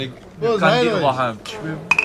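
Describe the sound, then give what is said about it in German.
A voice talks briefly, then glasses clink together in a toast: two quick, bright taps near the end with a short high ringing tone. “Wenn ich schwimmen höre, muss ich immer am Bier denken. Am Bier denken. Ja, dann Prost, Freunde.”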